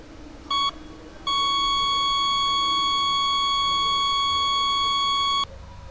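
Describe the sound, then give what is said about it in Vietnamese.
A heart monitor in an operating room gives one short beep as a patient's heart rate drops, then after a brief pause goes into a long, unbroken flatline tone, steady and fairly loud, lasting about four seconds before it cuts off. No one speaks. “Những lằn vạch lên xuống trong cái điện tâm đồ nhấp nhô, rồi duỗi ra thành những đường thẳng chạy dọc trên màn hình.”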